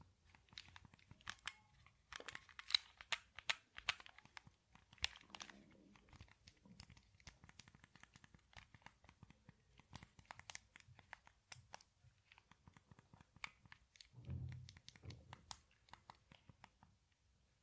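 Controllers click, clack and tap in quick, irregular bursts, with a few low thumps around fourteen seconds.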